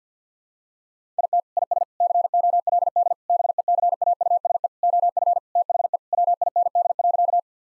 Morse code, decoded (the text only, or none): IT IS COLD BECAUSE OF THE WIND.